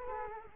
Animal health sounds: mosquito wingbeat signal from an infrared sensor; Culex quinquefasciatus

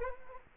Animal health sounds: mosquito wingbeat signal from an infrared sensor; Anopheles arabiensis

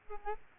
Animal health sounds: mosquito wingbeat signal from an infrared sensor; Aedes albopictus

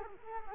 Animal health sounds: mosquito wingbeat signal from an infrared sensor; Culex quinquefasciatus

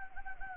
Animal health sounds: mosquito wingbeat signal from an infrared sensor; Anopheles gambiae

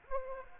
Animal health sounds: mosquito wingbeat signal from an infrared sensor; Aedes aegypti

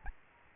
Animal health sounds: mosquito wingbeat signal from an infrared sensor; Aedes albopictus

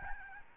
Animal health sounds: mosquito wingbeat signal from an infrared sensor; Aedes albopictus

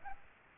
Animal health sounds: mosquito wingbeat signal from an infrared sensor; Aedes aegypti

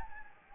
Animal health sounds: mosquito wingbeat signal from an infrared sensor; Anopheles gambiae

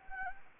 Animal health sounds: mosquito wingbeat signal from an infrared sensor; Anopheles gambiae

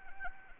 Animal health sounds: mosquito wingbeat signal from an infrared sensor; Anopheles arabiensis

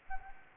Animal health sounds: mosquito wingbeat signal from an infrared sensor; Anopheles gambiae

